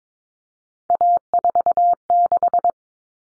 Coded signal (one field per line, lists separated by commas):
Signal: Morse code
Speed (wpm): 22 wpm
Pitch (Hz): 700 Hz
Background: none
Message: A46